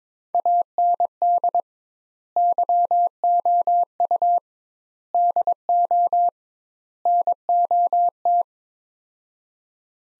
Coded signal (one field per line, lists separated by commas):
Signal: Morse code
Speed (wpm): 22 wpm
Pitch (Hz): 700 Hz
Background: none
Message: AND YOU DO NOT